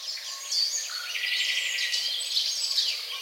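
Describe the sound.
Bird calls, a busy jumble of high chirps and twittering notes with short whistled slurs, over a hiss.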